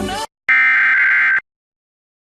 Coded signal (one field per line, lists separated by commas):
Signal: Emergency Alert System (SAME) tones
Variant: header bursts